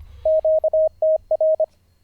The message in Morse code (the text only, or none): QTR